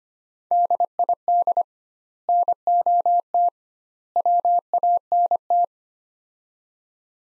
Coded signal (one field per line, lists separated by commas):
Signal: Morse code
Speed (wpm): 25 wpm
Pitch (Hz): 700 Hz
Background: none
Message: DID NOT WANT